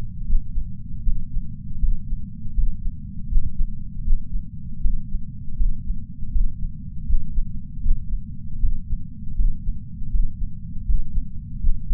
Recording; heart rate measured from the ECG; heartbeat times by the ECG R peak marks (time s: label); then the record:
heart sounds by patch sensor on the chest; 79 bpm
0.26 s: heartbeat
1.03 s: heartbeat
1.79 s: heartbeat
2.54 s: heartbeat
3.29 s: heartbeat
4.04 s: heartbeat
4.81 s: heartbeat
5.57 s: heartbeat
6.31 s: heartbeat
7.07 s: heartbeat
7.82 s: heartbeat
8.60 s: heartbeat
9.35 s: heartbeat
10.10 s: heartbeat
10.85 s: heartbeat
11.60 s: heartbeat
From the record:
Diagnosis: coronary artery disease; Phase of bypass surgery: intraoperative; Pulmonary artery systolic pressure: 21 mmHg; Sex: male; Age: 60 years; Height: 180 cm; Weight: 100 kg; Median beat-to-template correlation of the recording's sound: 0.80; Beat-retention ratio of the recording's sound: 1.00